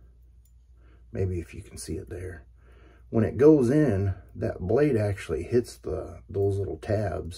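A double-edge razor blade is being slid into the head of an Occams Nano safety razor, passing over the small tabs inside the head. Someone talks throughout, and only faint handling sounds are heard beneath the voice. The clip ends before the blade locks into place, so nothing has seated or clicked yet.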